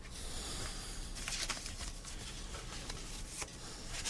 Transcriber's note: pages turning sound